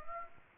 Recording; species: mosquito wingbeat signal from an infrared sensor; Aedes aegypti